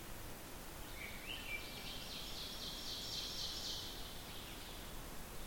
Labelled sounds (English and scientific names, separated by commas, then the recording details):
Ovenbird (Seiurus aurocapilla) song
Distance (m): 60 m
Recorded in boreal forest in Alberta, Canada, on 14 June 2016 at 06:38
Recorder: SongMeter 3, array SBT-3-33
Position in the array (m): 110 m, 78 m
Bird 21